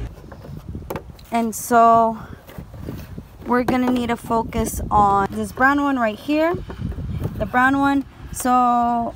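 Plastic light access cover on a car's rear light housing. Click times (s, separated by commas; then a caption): 0.9 s. A plastic access cover behind the rear brake light housing of a 2012 Ford Focus SE is pulled until it pops off its clips, giving a sharp snap at 0.9 s. The cover comes free as intended, and afterwards someone talks.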